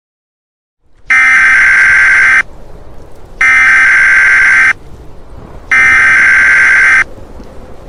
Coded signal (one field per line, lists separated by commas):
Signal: Emergency Alert System (SAME) tones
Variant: header bursts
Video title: EAS Scenario #9 - Return of the Bubonic Plague